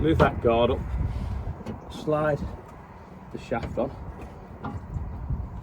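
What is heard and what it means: Someone talks while a steel PTO drive shaft is slid onto the splined input stub of a combine header to line it up. A single soft knock at about 4.6 s is contact or positioning noise, not the latch. The shaft has not clicked home yet.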